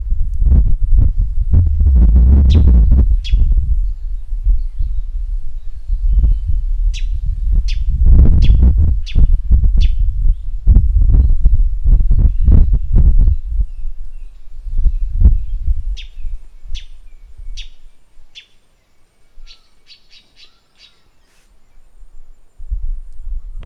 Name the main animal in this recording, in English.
Northern Puffback